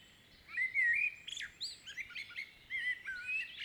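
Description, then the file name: Common blackbird song, flowing fluted whistles broken by sharp high squeaky notes, continuing almost without pause. "Turdus merula"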